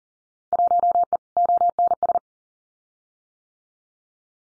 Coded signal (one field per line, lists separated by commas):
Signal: Morse code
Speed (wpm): 38 wpm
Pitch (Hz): 700 Hz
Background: none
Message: 1E ONS